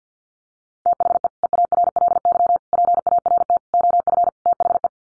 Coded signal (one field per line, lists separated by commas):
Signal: Morse code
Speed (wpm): 50 wpm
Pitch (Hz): 700 Hz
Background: none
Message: THE EARLY PART OF THE